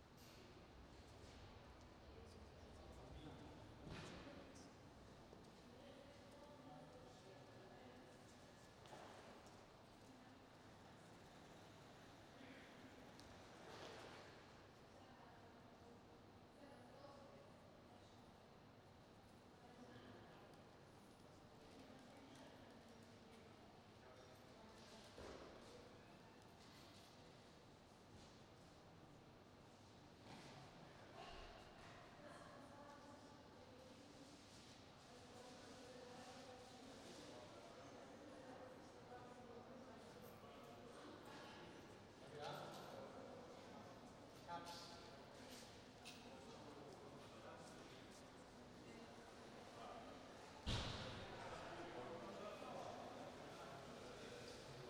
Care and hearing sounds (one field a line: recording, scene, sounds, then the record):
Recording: everyday scene through a hearing-aid microphone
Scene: reverberant space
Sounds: background noise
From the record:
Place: railway station hall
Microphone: in the ear canal, right